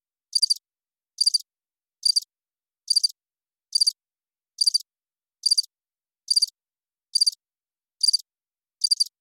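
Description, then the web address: Cricket chirping: short, high-pitched pulsed chirps repeated steadily against silence. "sound-effects-bible Cricket Single Chirp"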